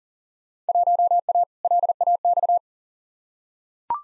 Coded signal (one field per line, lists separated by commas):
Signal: Morse code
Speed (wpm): 38 wpm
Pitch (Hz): 700 Hz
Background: none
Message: 1A LAX